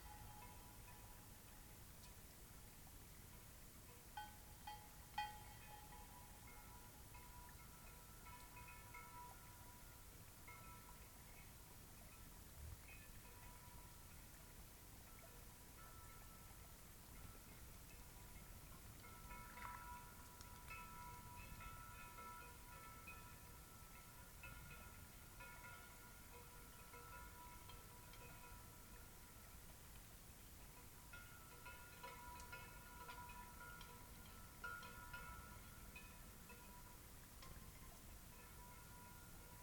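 A cloudy night beside Taylor Lake, with a steady low hush running throughout. Faint, thin ringing tones drift in and out, clustering around five, twenty and thirty-five seconds, and a couple of soft ticks sound near the five-second mark.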